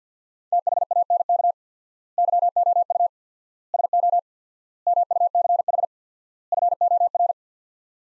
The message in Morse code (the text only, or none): THANK YOU SO MUCH FOR